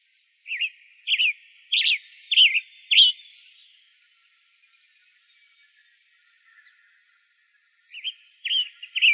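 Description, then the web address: Western Tanager calls: five short, slurred, chattering notes about half a second apart, a pause of several seconds, then the same notes start again. Recorded in Arizona. "Tanagers AZFO WETA 5 deviche 052308"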